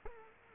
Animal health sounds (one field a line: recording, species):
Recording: mosquito wingbeat signal from an infrared sensor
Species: Culex quinquefasciatus